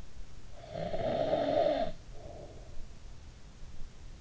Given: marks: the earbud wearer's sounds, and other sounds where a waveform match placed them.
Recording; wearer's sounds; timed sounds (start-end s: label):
sounds in sleep by an in-ear microphone; snoring breath
0.36-3.13 s: snoring breath